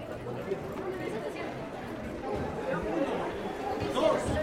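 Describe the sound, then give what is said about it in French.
A dense crowd queuing at an Andes border crossing into Peru murmurs steadily, many overlapping voices blending into an unbroken babble with no single speaker standing out, swelling slightly toward the end. “On les repère de loin dans cette foule uniforme, par les couleurs et les chapeaux.”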